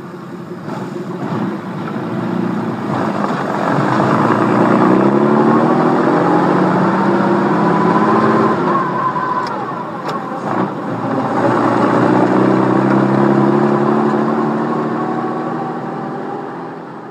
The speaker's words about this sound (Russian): Взревел двигатель, и ночной ветерок принял Кида в холодные объятия.